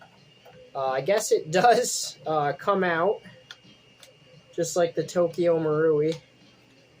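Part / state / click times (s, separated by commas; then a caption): sliding shoulder stock in an airsoft submachine gun receiver / not seated / none. Someone talks while handling the sliding shoulder stock in the receiver of a JG Mac 10 airsoft AEG submachine gun, working it out toward full extension. Only speech and a few faint ticks are heard; the stock has not locked into place and nothing has seated or clicked yet.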